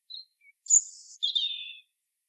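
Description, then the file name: European robin singing a brief, high, thin phrase: a lone pure note, a faint lower pip, then a shrill high trill falling into a wavering warble. "Erithacus rubecula"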